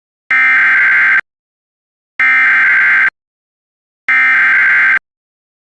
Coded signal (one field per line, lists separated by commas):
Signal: Emergency Alert System (SAME) tones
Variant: header bursts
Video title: HIATUS CHAOS II:FIRES TESTS & STORMS( EAS Alerts from 6/19-7/16/25) EAS #656-687